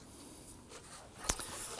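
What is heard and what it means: A body harness plastic wiring connector is unplugged from the old tail light assembly socket on a 2015–2020 Ford F-150 by pressing its push tab and pulling the plug apart. A sharp click sounds at 1.3 s over soft handling noise, and the connector is released from the tail light.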